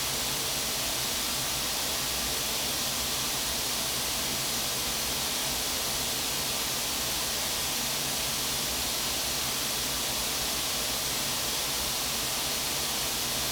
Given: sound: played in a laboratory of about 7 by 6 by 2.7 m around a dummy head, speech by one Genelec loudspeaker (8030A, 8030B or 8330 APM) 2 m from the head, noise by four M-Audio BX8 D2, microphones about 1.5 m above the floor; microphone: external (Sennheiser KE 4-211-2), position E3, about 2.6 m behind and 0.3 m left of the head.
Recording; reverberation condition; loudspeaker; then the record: white noise; medium; four, about 170 cm from the corners of the room and facing them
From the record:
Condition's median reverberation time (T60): about 510 ms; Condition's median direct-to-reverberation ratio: about -0.5 dB